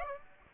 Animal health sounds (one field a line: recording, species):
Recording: mosquito wingbeat signal from an infrared sensor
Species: Aedes aegypti